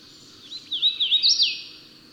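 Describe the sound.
Bird song: a short wavering whistled phrase that rises, then drops away, heard once.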